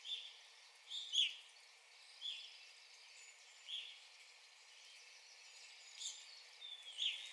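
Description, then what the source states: Evening grosbeak giving brief bright call notes, some in quick pairs, spaced irregularly across seven seconds with a faint background hiss. Recorded 9 April 2021.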